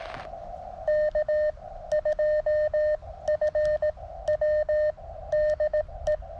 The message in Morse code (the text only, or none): K2FW DE